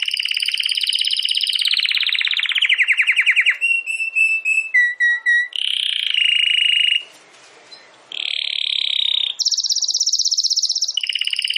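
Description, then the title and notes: Domestic canary song: continuous varied tours of rapid trills, bell-like pulsed notes and buzzy rolls, shifting pitch between phrases with one brief pause. Belgian canary singing; recording labelled Campainha. "Canário Belga Campainha Canary Singing. Canario Belga Cantando"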